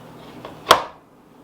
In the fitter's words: Locks into place.